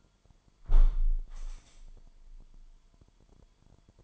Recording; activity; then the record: daily activity, microphone in the room; close window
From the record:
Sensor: 5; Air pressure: 998.0 hPa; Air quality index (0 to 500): 97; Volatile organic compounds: 2 ppm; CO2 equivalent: 1114 ppm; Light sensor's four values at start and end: 27/64/26/29 and 27/64/26/29